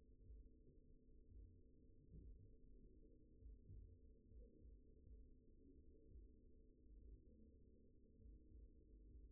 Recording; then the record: forearm muscle sounds (acoustic myography)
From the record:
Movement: finger pinch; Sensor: system 2, bracelet of six BSWA MPA416 microphones around the upper forearm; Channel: 6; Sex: male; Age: 22 years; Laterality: right